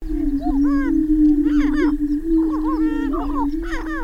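Greater prairie chicken chorus: a continuous low moaning boom underlies rapid, excited cackles and squealing whoops that come in bursts.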